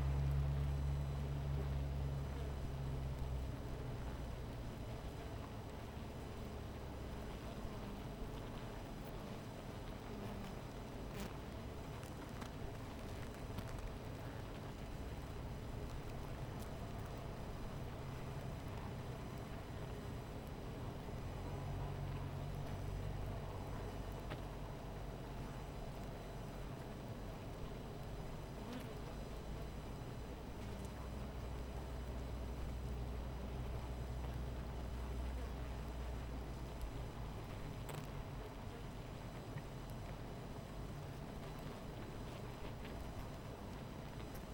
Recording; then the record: honeybee colony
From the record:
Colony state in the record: missing queen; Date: 14 July 2017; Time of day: 17:41